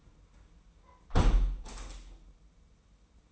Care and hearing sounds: daily activity, microphone in the room; close window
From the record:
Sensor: 1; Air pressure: 990.4 hPa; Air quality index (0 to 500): 171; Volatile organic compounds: 1000 ppm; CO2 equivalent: 6279 ppm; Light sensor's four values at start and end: 21/48/21/22 and 21/48/21/22

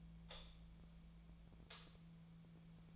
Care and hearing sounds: daily activity, microphone in the room; light off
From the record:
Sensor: 1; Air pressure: 1009.9 hPa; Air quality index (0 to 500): 189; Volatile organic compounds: 17 ppm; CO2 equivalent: 2593 ppm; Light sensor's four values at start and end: 46/125/52/61 and 37/96/40/49

